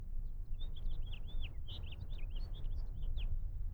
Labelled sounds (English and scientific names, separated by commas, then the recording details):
House Finch (Haemorhous mexicanus) song
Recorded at WGilgo Beach on Long Island, New York, on 22 May 1975
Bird A